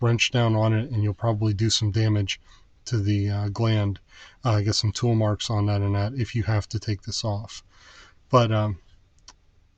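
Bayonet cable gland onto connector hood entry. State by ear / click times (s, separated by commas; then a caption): seated / 9.3 s. A plastic bayonet cable gland is turned and snapped onto the entry of a plastic heavy-duty connector housing while someone talks. The talking fades, and a short, sharp tick at 9.3 s marks the gland seating in place.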